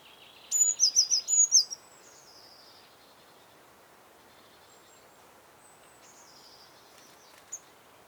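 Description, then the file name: Eurasian blue tit with one short burst of high whistled and trilled notes near the start, then quiet hiss with faint high notes and a single late click. "Cyanistes caeruleus"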